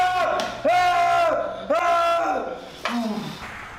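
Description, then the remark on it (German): Loud, overlapping shouts from a group of voices rise in three strained bursts, each holding a high, harsh pitch before trailing off, with a low steady hum underneath. “Ich höre Geschrei.”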